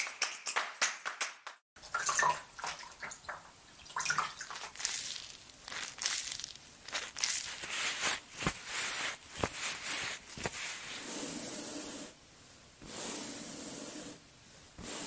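Hands rub and pat skin with a cleansing mousse, giving soft, bright brushing and squishing strokes that come in quick bursts. A brief silence falls near two seconds, then the rubbing grows steadier and denser. From about eleven seconds a soft, airy hiss joins in.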